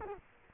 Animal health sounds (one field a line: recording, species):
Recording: mosquito wingbeat signal from an infrared sensor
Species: Culex quinquefasciatus